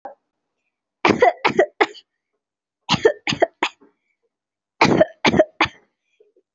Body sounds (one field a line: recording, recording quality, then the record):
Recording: heavy voluntary cough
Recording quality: excellent, no background noise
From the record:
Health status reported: recovered from COVID-19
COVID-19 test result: positive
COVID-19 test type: RT-PCR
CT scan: taken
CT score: 0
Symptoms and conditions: fatigue, muscle pain, another condition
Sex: female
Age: 25 years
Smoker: no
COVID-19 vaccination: both doses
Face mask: worn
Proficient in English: yes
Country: India